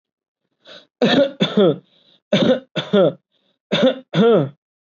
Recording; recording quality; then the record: heavy voluntary cough; excellent, no background noise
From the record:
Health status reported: COVID-19 positive, mild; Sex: male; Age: 22 years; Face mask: not worn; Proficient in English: yes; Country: India